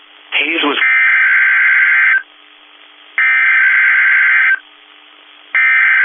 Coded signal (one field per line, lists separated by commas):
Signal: Emergency Alert System (SAME) tones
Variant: header bursts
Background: speech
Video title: EAS Timeline | Kansas Supercells Prompts Tornado Emergency | NOAA Weather Radio